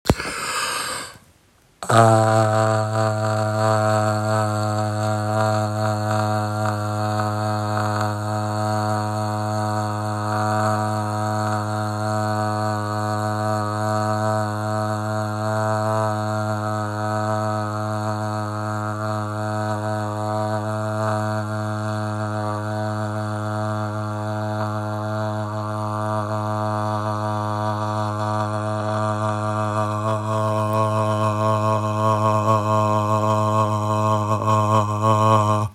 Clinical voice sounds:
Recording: sustained vowel /a/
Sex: male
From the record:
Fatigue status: no fatigue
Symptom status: asymptomatic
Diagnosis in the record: COVID-19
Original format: m4a

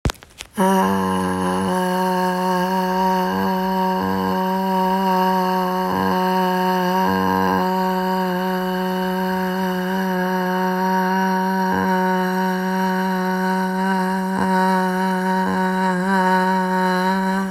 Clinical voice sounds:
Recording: sustained vowel /a/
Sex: female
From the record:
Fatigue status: no fatigue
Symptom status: symptomatic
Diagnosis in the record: COVID-19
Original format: m4a

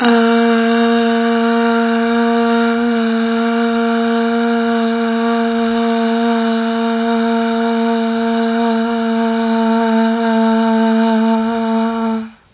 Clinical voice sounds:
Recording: sustained vowel /a/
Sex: female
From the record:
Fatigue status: no fatigue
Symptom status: symptomatic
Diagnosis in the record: COVID-19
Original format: 3gp

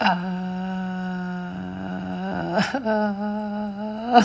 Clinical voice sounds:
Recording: sustained vowel /a/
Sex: female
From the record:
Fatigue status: fatigue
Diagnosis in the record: COVID-19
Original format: m4a

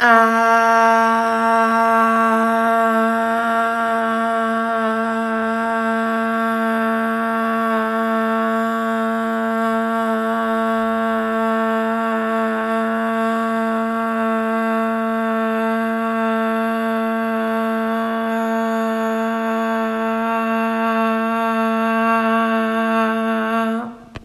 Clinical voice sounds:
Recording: sustained vowel /a/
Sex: female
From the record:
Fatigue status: no fatigue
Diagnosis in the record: COVID-19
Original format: m4a

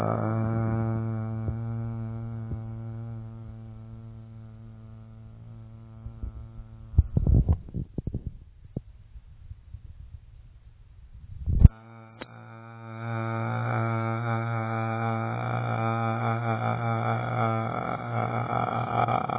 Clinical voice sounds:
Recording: sustained vowel /a/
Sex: male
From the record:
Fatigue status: no fatigue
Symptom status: symptomatic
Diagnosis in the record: COVID-19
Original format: 3gp

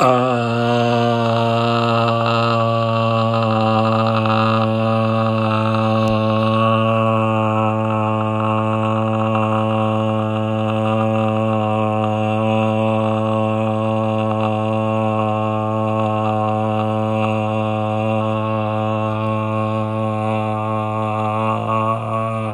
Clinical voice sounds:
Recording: sustained vowel /a/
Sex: male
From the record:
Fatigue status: no fatigue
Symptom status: symptomatic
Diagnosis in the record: COVID-19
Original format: m4a

